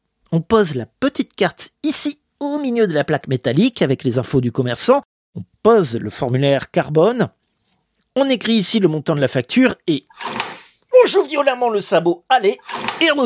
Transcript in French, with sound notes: On pose la petite carte iciiii au milieu de la plaque métallique avec les infos du commerçant, on pose le formulaire carbone, on écrit ici le montant de la facture et [Bruit de sabot bancaire] on joue violemment le sabot aller et…